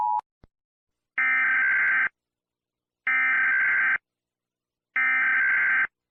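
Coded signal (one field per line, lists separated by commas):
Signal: Emergency Alert System (SAME) tones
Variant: header bursts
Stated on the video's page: Fictional EAS scenario about a rogue robot, made with valid EAS tones; simulated alert.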